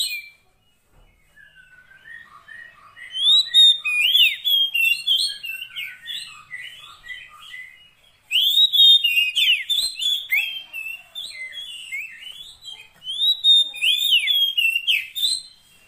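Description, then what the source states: Oriental magpie-robin song that starts softly with low piping notes, then builds into long loud runs of varied whistles and sharp chirps with a short pause midway. Long-duration fill-in song meant to make a kept magpie-robin sing actively day and night.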